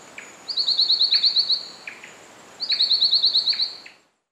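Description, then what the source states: Lemon-bellied flyrobin song: two fast trilled phrases of about a second each, made of repeated thin notes, with short pauses and a steady noise bed. Recorded in Papua New Guinea.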